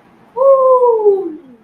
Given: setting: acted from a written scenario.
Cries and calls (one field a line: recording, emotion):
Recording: vocal sound without words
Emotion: triumph